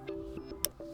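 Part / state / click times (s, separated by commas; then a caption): watch strap quick-release pin into watch case lug hole / not seated / none. A quick-release strap pin on an HONOR Choice Watch strap is pushed toward the watch case lug hole on the second side, but it skips out with a sharp snap at 0.6 s over a steady background hum. The pin has not seated and no click is heard, so the attempt misses.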